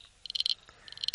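Frog call, two rapid trilled bursts of high pulsed notes separated by a brief pause.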